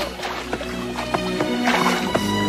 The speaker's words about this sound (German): Littlefoot lässt Ducky und Petri, die sich beide auf seinen Kopf gesetzt haben, in den Fluss platschen.